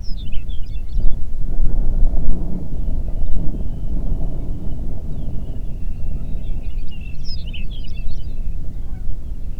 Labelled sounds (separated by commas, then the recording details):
songbird, wind
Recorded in the Prudhoe Bay oil fields, Alaska, on 8 June 2019 at 04:40
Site 30